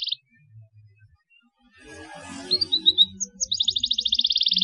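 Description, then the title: Belgian canary: after a soft noisy stretch, a few quick whistled notes lead into a long, even, rapid trill. Belgian canary song played as a lure to stimulate young canaries into singing. "Canto Para Esquentar Canário Belga. CUITAN KENARI PALING AMPUH MERANGSANG BUNYI KENARI PAUD. PANCINGAN KENARI AGAR GACOR"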